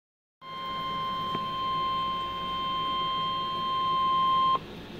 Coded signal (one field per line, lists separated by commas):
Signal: Emergency Alert System (SAME) tones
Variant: 1050 Hz attention tone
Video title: Severe Thunderstorm Warning (EAS #365)